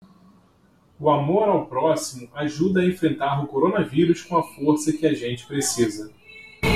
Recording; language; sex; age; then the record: spoken sentence; Brazilian Portuguese; male; 30 to 39 years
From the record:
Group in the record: control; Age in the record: 35 years